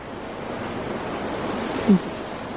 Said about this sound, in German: Und man hört auch nichts als das Meer.